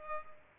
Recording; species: mosquito wingbeat signal from an infrared sensor; Culex pipiens